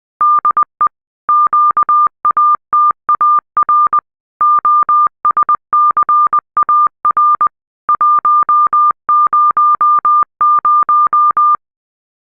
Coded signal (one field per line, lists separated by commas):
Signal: Morse code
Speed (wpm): 20 wpm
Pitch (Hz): 1200 Hz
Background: none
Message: DE QATAR OSCAR 100